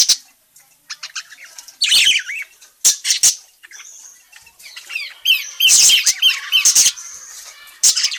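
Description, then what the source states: Parakeet chatter: scratchy, high twittering with sharp squawks and a dense run of ringing calls in the latter half. Calling; described as gacor, meaning it calls vigorously and often.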